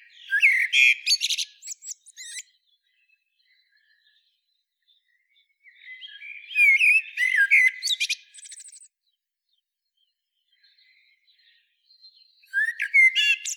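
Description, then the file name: Eurasian blackbird song: three separate phrases, each of mellow whistles rising into high squeaky twittering, with long quiet gaps between them. "Turdus merula"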